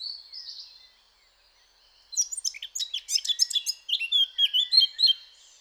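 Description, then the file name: Eurasian blackcap: a brief soft warble, about a second of silence, then a loud, rapid burst of varied whistles and sharp notes lasting a few seconds. "Sylvia atricapilla"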